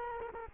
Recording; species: mosquito wingbeat signal from an infrared sensor; Culex quinquefasciatus